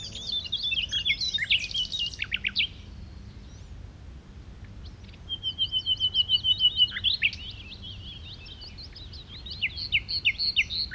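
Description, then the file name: Common nightingale giving chattering bursts, then a long, even series of rapid ringing notes, and later a run of sharp repeated notes, with low background rumble. "Luscinia megarhynchos"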